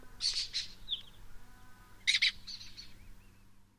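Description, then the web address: Lesser kestrel calling in short grating bursts: a trio of notes, a soft trailing note, then a louder harsh pair followed by fainter chatter. "sound Lesser-kestrel. صدای-پرنده-دلیجه-کوچک"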